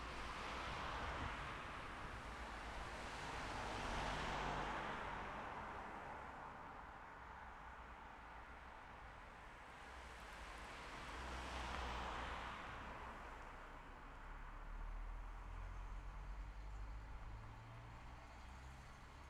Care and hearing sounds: everyday scene through a hearing-aid microphone; in traffic; traffic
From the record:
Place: city secondary road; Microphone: behind the ear, left, rear

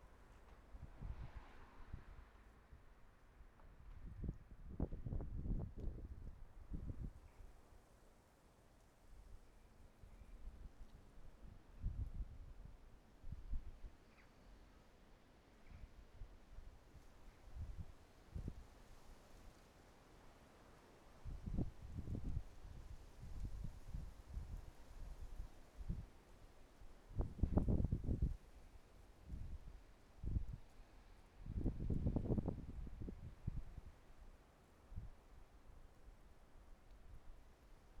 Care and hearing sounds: everyday scene through a hearing-aid microphone; wind on the microphone; wind, traffic, birds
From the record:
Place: suburban garden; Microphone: behind the ear, right, front

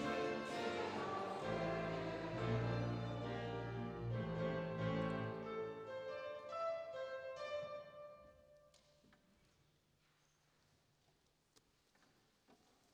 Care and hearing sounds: everyday scene through a hearing-aid microphone; reverberant space; music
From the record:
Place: church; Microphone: in the ear canal, right

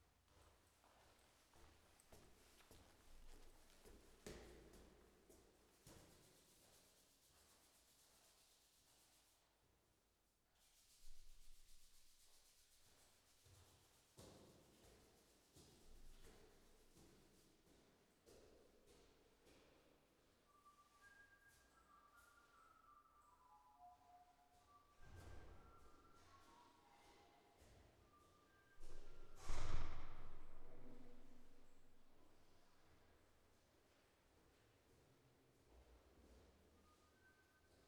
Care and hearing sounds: everyday scene through a hearing-aid microphone; reverberant space; background noise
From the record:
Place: staircase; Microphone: behind the ear, left, rear

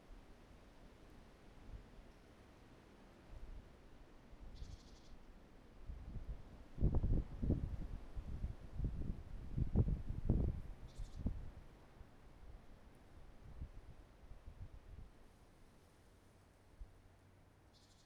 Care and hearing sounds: everyday scene through a hearing-aid microphone; wind on the microphone; wind, traffic, birds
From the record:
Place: suburban garden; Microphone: behind the ear, right, rear

